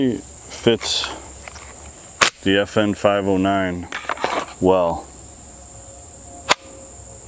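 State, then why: Seated. An FN 509 pistol is inserted into a Kydex inside-the-waistband holster, an Eclipse IWB Delta Holster with Wing, while someone talks. It snaps home with a single sharp, positive click at 6.5 s, and the pistol is seated.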